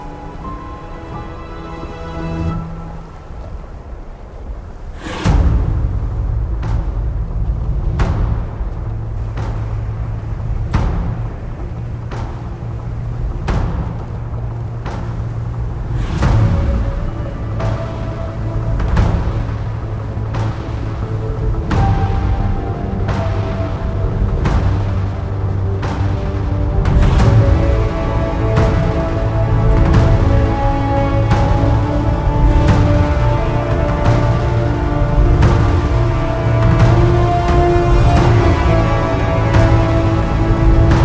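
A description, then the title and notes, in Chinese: Epic orchestral music opens quietly with sustained low tones, then heavy drum hits enter around five seconds and strike at a steady, measured pace. The music builds in loudness, with denser, quicker percussion and brighter held notes from about twenty-seven seconds to the end. 史詩音樂配合風雪的聲音。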